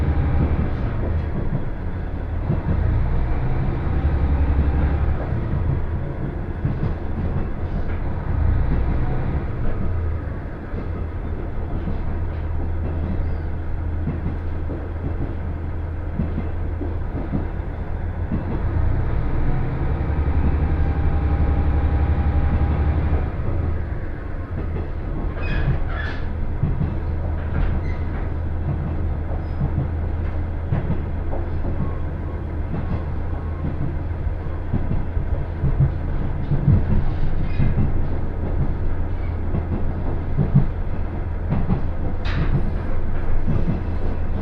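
A Yamada Line local train runs with a steady deep rumble, brief rising motor whines near 5 and 20 seconds, and scattered rattles later.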